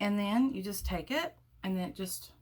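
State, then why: Not seated. A small metal makeup tin is handled before being pressed into a magnetic compact palette while someone talks. Nothing has seated or clicked yet in this clip.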